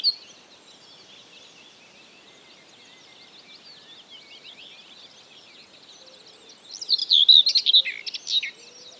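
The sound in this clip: Common whitethroat song: a short scratchy, chattering warble bursting out near the end, after a long stretch of faint bird twittering.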